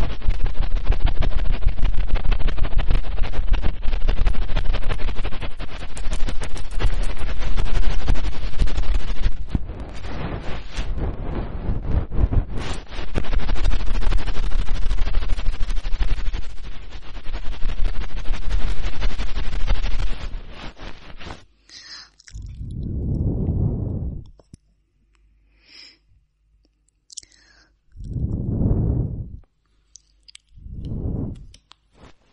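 Hard ear cleaning in an airplane-bombing style: for about twenty seconds a dense, rough, unbroken scraping rustle that flickers in loudness. Then it drops to near silence, broken by three deep whooshing swells around 23, 28 and 31 seconds and faint ticks between.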